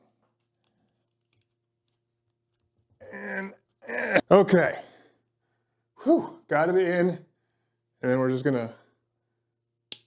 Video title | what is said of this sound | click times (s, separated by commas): Sako 75 Improving & Customizing Finland's Finest Rifle - Part 7 - Reassembly and Final Results! | rotate it till it clicks into its little spot there. | 9.9 s